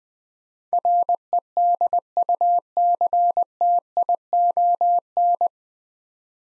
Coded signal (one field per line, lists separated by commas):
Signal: Morse code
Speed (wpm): 20 wpm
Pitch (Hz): 700 Hz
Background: none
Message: REDUCTION